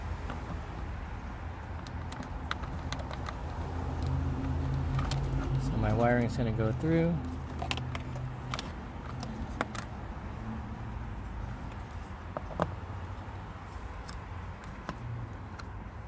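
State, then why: Not seated. A USB charging port with two USB ports and a voltmeter is handled at its opening in the dashboard blank panel of a RAV4 as its wiring is routed through, while someone talks. Sharp plastic clicks and taps sound over a low engine-like hum. Nothing has seated or clicked into place yet.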